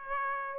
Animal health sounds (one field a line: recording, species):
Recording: mosquito wingbeat signal from an infrared sensor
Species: Aedes aegypti